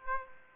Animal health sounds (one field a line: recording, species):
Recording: mosquito wingbeat signal from an infrared sensor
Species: Aedes aegypti